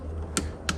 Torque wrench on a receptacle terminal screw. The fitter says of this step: I'm going to hold the outlet, and you're going to torque it until we hear a click on the torque wrench. There it is.